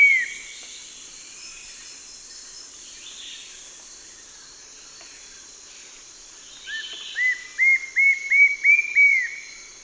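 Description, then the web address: Citron-bellied Attila song: a single note, a long pause, then a series of several arched whistles rising gradually in pitch, delivered roughly three per second. Recorded in the eastern lowlands of South America. "Natures Songs S America Eastern Lowlands. Citron-bellied Attila"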